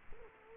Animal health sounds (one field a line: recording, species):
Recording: mosquito wingbeat signal from an infrared sensor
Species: Culex quinquefasciatus